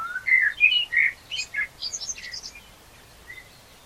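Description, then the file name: Common blackbird with loud fluted whistles at the start, breaking into a high squeaky twittering flourish that fades out, then a soft final note. "Turdus merula"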